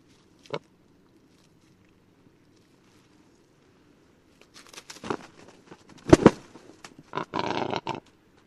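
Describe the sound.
Rackelhahn (black grouse × capercaillie hybrid): rackelhahn producing crackling, snapping notes that build into a coarse, hoarse rasp near the end, after a long quiet stretch broken by one sharp click.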